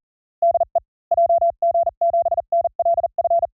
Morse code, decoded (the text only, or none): DE JG7NLF